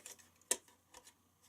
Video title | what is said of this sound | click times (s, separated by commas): Feel Better Apple Card | so that locks in then this | 0.5 s